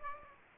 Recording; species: mosquito wingbeat signal from an infrared sensor; Aedes aegypti